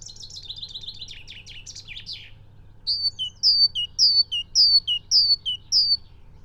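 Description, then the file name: Great tit: buzzy, scratchy chattering for two seconds, then a run of about six ringing two-note phrases, each high note followed by a lower one. "Parus major"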